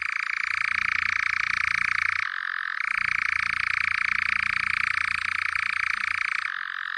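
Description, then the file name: European nightjar churring in a long, steady mechanical trill, dropping briefly to a lower pitch once before resuming, then dropping again near the end, with faint low rumbling underneath. "natteravn"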